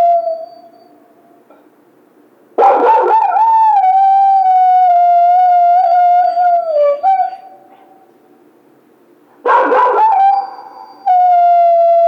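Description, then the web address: Coyote: a burst of yips opening into a long wavering howl that slides down, a pause, then another yip burst and a fresh howl. Howl, recorded 16 March 2010. "sounds mammals Coyote 2010 03 16 11 howl"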